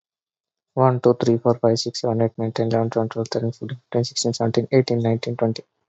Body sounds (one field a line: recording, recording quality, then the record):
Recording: counting at a fast pace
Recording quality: excellent, no background noise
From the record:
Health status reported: COVID-19 positive, mild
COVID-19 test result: positive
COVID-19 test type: RT-PCR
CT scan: not taken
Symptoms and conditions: cold, breathing difficulty, sore throat, fever, fatigue, muscle pain, loss of smell and taste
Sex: male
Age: 33 years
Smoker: no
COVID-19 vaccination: both doses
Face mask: worn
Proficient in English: yes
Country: India